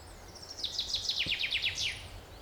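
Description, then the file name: Common chaffinch song, a bright series of downslurred notes finishing with a sharp terminal flourish, over a soft noisy background. "Fringilla coelebs"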